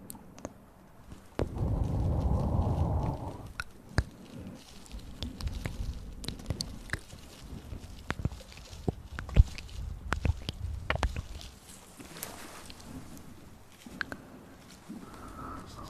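Mouth sounds and breathing: a heavy, low breath swells from about 1.5 to 3.5 seconds, then quieter breaths follow. Sharp clicks, smacks and pops land irregularly throughout, densest between 4 and 11 seconds, with a soft whistling tone near the end.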